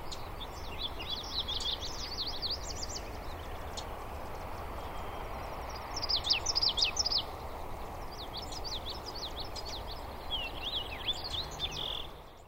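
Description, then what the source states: Common yellowthroat calls: short, sharp high chirps in three uneven bursts, over a steady low rumble of background noise. Recorded 12 July 2016.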